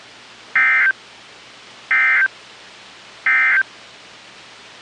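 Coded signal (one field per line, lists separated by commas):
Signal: Emergency Alert System (SAME) tones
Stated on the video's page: Severe storm alerts from NOAA Weather Radio stations in Kentucky and Ohio.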